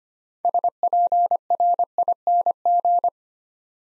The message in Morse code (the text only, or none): SPRING